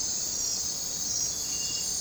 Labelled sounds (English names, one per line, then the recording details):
none
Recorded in dense forest near Puerto Asís, Putumayo, Colombia, on 22 December 2024 at 01:30
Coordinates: 0.466, -76.327
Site G075